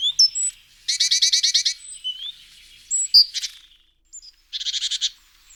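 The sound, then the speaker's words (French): Common chaffinch song: two bursts of bright, rapidly repeated high notes, with scattered thin chirps and whistles of other birds between them and no voices. “C'est le pinson des arbres.”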